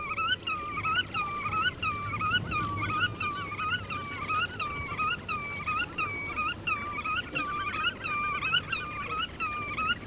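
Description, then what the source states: Godwit song: a rapid run of nasal, looping notes with a clear overtone, repeated steadily throughout, over a faint low hum. Song rendered as 'vereten, vereten', which gives the bird its Russian name.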